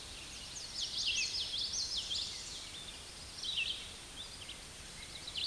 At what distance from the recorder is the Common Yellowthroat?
about 35 m